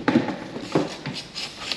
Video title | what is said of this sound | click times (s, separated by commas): Can You Take The Gotrax GX1 Off Road? | okay so she's locked into place now | 0.1 s